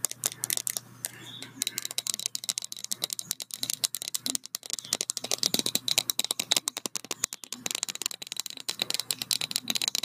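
Quick, irregular tapping fills the whole ten seconds, sharp clicks packed densely with small gaps, mixed with soft brushing and rustling. The taps are bright and crisp, some louder than others, and a faint low hum runs steadily underneath.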